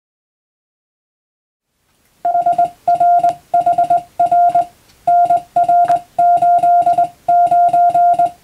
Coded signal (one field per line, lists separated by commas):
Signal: Morse code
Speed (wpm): 20 wpm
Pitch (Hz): 700 Hz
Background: music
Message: HRHR NR89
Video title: クリスマスにモールス！令和の今でも行われているモールスの国家試験は無線通信の原点です。アマチュア無線ハムの受信練習にどうぞ(morse code practice radio operator )